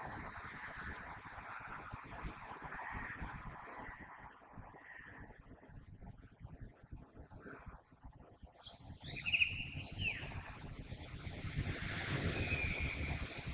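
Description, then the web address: Common blackbird: a few faint, squeaky high twitters over a steady low background rumble. Recorded on 21 February 2020. "oiseaux Merle 2020 02 21"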